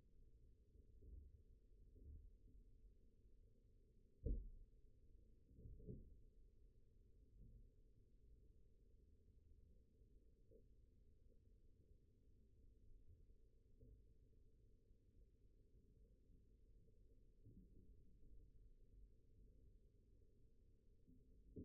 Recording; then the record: forearm muscle sounds (acoustic myography)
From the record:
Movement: rest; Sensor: system 1, eight BSWA MPA416 microphones around the upper forearm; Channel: 7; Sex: male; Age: 20 years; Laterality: left